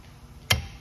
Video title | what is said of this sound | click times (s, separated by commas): 2022 Chrysler pacifica passenger side windshield wiper installed | You'll hear it click, | 0.5 s